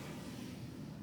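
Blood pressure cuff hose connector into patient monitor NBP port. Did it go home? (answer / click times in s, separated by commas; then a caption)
no / none. A medium blood pressure cuff hose is being pushed and twisted onto a Philips patient monitor's NBP connector, with only a steady low, broadband rumble heard throughout. Nothing has seated or clicked yet.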